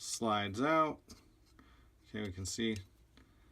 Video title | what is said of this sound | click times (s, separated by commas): From the Bench - 2011 Build - Part 3 | now locks in place but you can see this | 3.2 s